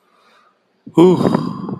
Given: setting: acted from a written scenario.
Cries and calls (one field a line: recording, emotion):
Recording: vocal sound without words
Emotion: ecstasy